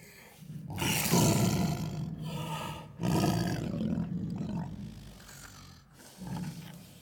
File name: Digiffects Sound Effects Library - Tiger Eating